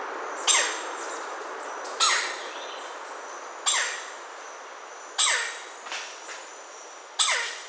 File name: red necked woodpecker